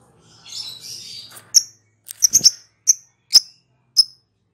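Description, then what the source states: Lovebird chattering softly at first, then breaking into a run of sharp high chirps, some clustered. Lovebird calling in the style called ngekek in Indonesian.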